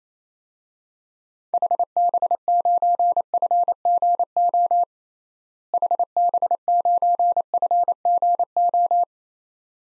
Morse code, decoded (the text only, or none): HB9FGO HB9FGO